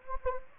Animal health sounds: mosquito wingbeat signal from an infrared sensor; Anopheles gambiae

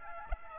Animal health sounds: mosquito wingbeat signal from an infrared sensor; Aedes aegypti

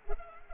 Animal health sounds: mosquito wingbeat signal from an infrared sensor; Culex pipiens

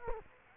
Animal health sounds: mosquito wingbeat signal from an infrared sensor; Culex quinquefasciatus

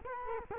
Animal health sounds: mosquito wingbeat signal from an infrared sensor; Culex quinquefasciatus

